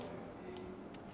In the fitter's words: snaps into place once it snaps in place it's still not on there tight it's still moving